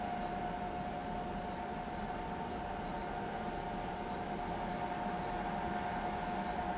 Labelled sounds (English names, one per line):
none